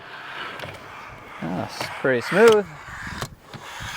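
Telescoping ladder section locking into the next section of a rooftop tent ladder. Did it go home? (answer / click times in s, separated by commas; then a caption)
yes / 3.2 s, 3.5 s. A telescoping ladder on a Roofnest Falcon 3 EVO XL Air rooftop tent is extended while someone talks over low background noise. Two short, sharp clicks at 3.2 s and 3.5 s mark ladder sections locking into place, and each section seats.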